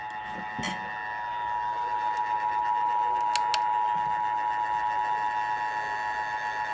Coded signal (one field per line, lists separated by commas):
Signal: Emergency Alert System (SAME) tones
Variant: 853 and 960 Hz attention tone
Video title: Part 1 of the flooding Madness EAS#228-245 8/12/20-8/14/20